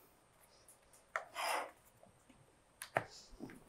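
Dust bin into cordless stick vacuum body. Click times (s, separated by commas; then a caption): 1.2 s. A plastic dust bin is lined up by its hole and protrusions with the body of a Miele Triflex HX1 Cat & Dog cordless stick vacuum and pushed down into place. It clicks sharply at 1.2 s, followed by a brief rustling scrape and two more crisp clicks near 2.8 and 3.0 s. The dust bin is seated on the vacuum body.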